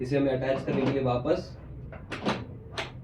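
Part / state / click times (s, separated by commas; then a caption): dirty water tank into a floor cleaner body / seated / 2.8 s. A plastic dirty water tank is pushed back onto the body of a Bissell CrossWave HF2 3845M wet-dry floor cleaner while someone talks. A few short knocks follow the talk, then a sharp click at 2.8 s as the tank locks into place.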